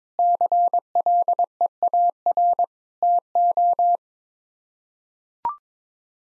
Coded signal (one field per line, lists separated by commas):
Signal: Morse code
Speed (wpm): 22 wpm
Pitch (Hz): 700 Hz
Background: none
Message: CLEAR TO